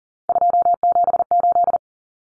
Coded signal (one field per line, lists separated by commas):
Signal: Morse code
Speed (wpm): 40 wpm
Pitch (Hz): 700 Hz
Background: none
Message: 278